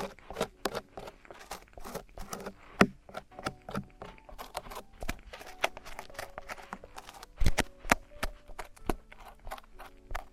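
Traditional Chinese ear cleaning, heard as a dense run of sharp scratches, clicks and crinkly rustles that come several times a second without a steady rhythm. A few louder snaps land near three and seven seconds, over a faint low hum with brief tonal whines.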